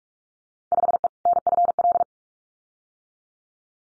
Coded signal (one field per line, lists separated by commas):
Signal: Morse code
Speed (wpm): 44 wpm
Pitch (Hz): 700 Hz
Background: none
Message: 5E NFL